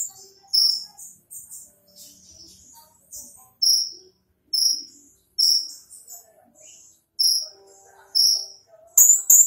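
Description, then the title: Small bird song of clear, piercing high chirps spaced one to three seconds apart over faint twittering. "Burung Kecil"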